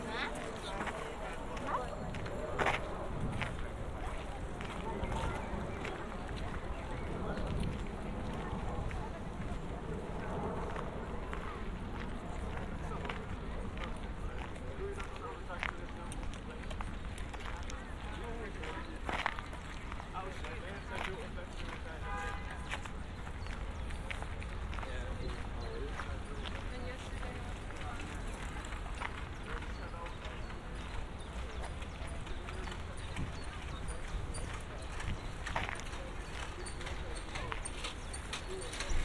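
A binaural field recording in Amsterdam, made up of steady street sound with people talking throughout in a dense, overlapping murmur. Short clicks and knocks, like footsteps or hooves, come and go, with a sharper bang near nineteen seconds over a low, continuous rumble.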